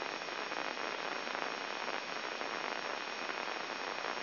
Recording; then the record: brain microelectrode recording played as sound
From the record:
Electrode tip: inside the subthalamic nucleus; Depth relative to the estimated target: -2 mm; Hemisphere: left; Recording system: AlphaMap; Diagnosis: Parkinson's disease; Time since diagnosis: 7 years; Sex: male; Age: 59 years